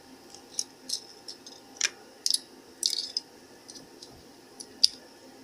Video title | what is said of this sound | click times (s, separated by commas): Greenlight HUGE Haul Video | snaps right into that one | 4.8 s